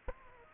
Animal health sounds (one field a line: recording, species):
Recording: mosquito wingbeat signal from an infrared sensor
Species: Aedes aegypti